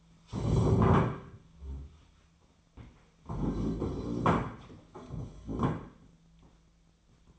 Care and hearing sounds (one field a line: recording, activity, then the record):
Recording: daily activity, microphone in the room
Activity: stand up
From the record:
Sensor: 1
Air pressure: 1008.1 hPa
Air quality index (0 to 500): 190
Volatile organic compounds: 17 ppm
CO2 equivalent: 2581 ppm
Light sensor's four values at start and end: 13/33/13/15 and 13/32/13/14